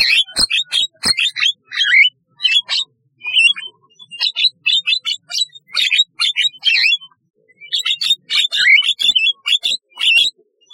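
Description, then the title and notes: Starling singing in short phrases of sharp clicks, squeaky rising whistles and chattering notes, separated by brief gaps, with a longer pause before a final burst. "Kicau Burung Jalak"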